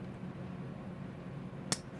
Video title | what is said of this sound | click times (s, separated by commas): Raving about my 2 Ravens… the great buy Tenable Raven & decked out Kansept Raven knives… choices! | This one actually will have a little detent and you'll hear it click. | 1.7 s